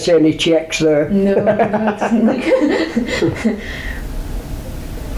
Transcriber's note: laughs